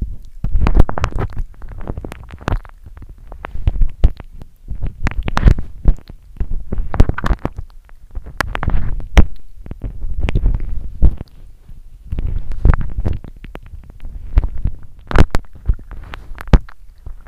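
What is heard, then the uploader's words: Close, wet mouth sounds: smacks, clicks and squelches come in irregular bursts every second or so across the whole clip. Each one is a sharp crackling snap over a soft, low, gurgling body, with brief quieter gaps near 4.5, 8 and 12 seconds. Mouth sounds.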